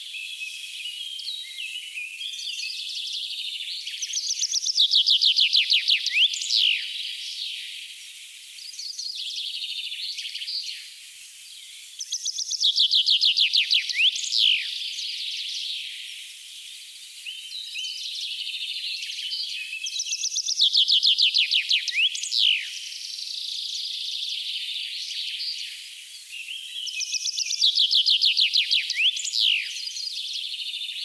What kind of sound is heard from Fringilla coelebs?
song